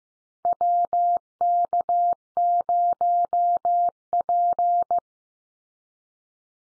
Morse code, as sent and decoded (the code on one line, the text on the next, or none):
.-- -.- ----- .--.
WK0P